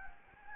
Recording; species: mosquito wingbeat signal from an infrared sensor; Anopheles gambiae